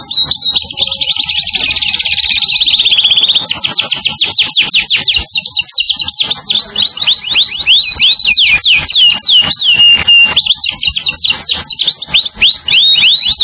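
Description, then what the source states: Canary pouring out a continuous high song, starting with a dense buzzy trill and moving into rapid repeated whistled slurs and rattles. Lure call used for bird-trapping.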